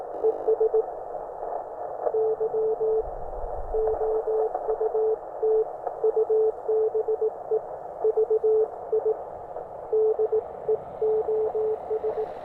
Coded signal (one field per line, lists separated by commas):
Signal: Morse code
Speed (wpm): 18 wpm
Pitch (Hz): 430 Hz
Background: none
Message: ES YOUTUBE VIDEOS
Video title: Building a Delta Loop Antenna For The 30m Band, Part 1.